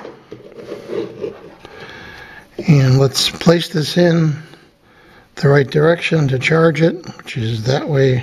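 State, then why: Not seated. A USB charging cable is handled and lined up with the charging port of an AOMAIS waterproof IPX7 wireless Bluetooth speaker while someone talks. Faint handling sounds come in the quiet opening, with brief taps near 0.5 and 1.7 seconds. The plug has not been pushed in yet, and nothing has seated or clicked.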